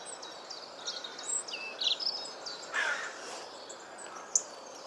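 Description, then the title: Robin song: high, thin whistled phrases with quick slides and loops, then a pause and a single sharp note, over a faint steady hiss. "Robin Birds Chirping"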